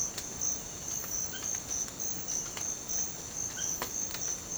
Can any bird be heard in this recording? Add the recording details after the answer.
no. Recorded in secondary vegetation near Puerto Asís, Putumayo, Colombia, on 30 June 2025 at 05:30. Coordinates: 0.500, -76.326. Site GP08